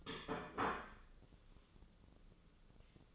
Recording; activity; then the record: daily activity, microphone in the room; place plate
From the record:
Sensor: 4